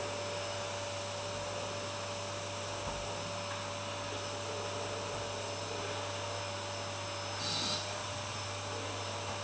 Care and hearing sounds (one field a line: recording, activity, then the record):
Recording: daily activity, microphone in the room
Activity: vacuum cleaning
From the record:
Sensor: 2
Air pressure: 1007.5 hPa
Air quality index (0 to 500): 32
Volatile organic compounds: 1 ppm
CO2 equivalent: 520 ppm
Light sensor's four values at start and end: 7/16/7/7 and 7/16/7/7